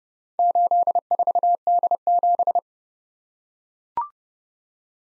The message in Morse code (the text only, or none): 84D7